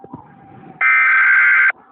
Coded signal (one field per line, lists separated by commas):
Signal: Emergency Alert System (SAME) tones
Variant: header bursts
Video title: EAS Mock: BF X GF Part 3!!!